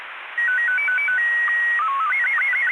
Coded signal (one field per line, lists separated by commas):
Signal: SSTV (slow-scan television)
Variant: Scottie 1